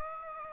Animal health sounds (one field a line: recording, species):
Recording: mosquito wingbeat signal from an infrared sensor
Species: Aedes aegypti